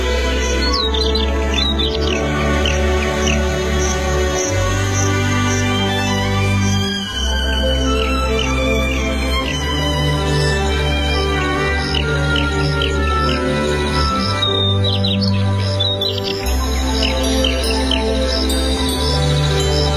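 A dense chorus of small birds in a lush banyan tree chirps and tweets throughout, quick high calls overlapping constantly above a steady, sustained musical drone with low held notes.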